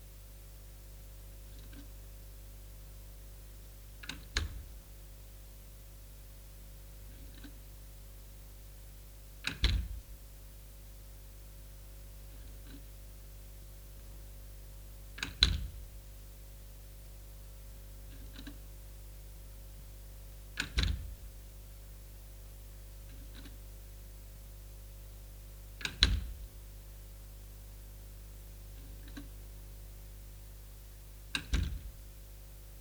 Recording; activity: daily activity, guitar pickup as the sensor; manipulate door